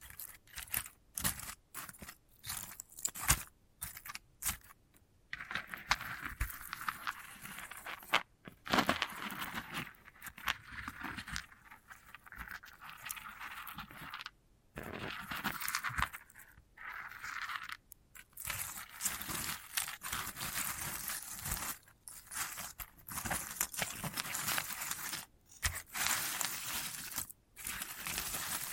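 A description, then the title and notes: Handling a sunflower head gives dry scratching, crunching and rustling, mostly bright, in uneven bursts broken by short silences throughout. ASMR of a Sunflower Head (No Talking).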